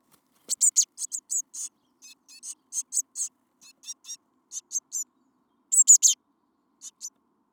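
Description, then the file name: Eurasian blue tit calls: short, very high, thin notes, given singly and in quick clusters of two to four, with brief pauses between bursts. "Cyanistes caeruleus"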